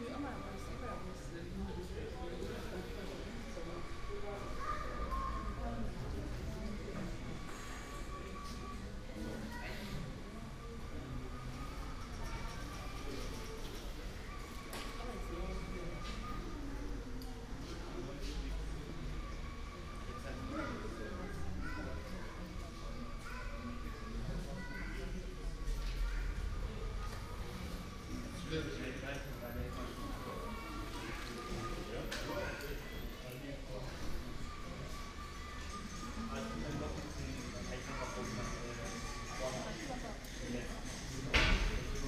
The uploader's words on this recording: U-Bahn Rathaus Neuköln - Alexanderplatz Berlin. The whole U-Bahn trip from Rathaus Neuköln to Alexanderplatz.